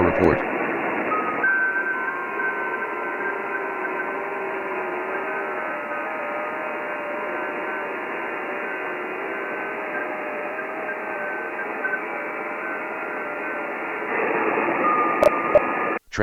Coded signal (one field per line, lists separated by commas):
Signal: FT8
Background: speech